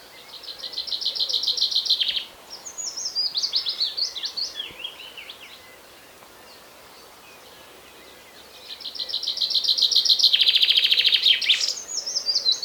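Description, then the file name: Common chaffinch singing two phrases of rapid trills and notes, with a quiet gap of about three seconds between them. "Fringilla coelebs"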